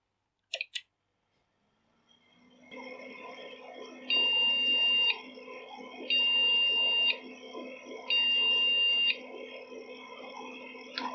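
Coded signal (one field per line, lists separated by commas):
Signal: beep code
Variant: PC BIOS POST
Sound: clicks, computer fan spins up, then long high beeps repeating every two seconds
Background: computer fan noise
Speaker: that's normally ram or video card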